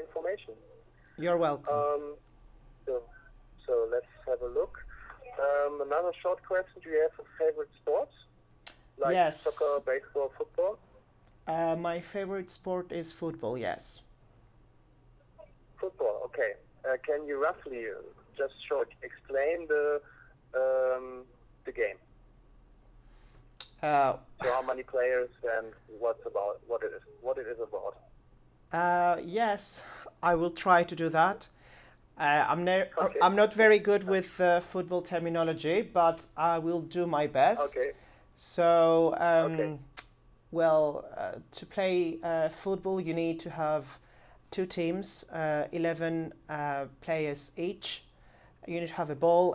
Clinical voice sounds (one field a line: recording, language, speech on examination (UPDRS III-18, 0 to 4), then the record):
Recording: conversation on a phone call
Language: English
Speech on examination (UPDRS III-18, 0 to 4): 0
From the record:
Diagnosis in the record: healthy control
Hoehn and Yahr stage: 0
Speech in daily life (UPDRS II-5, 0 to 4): 0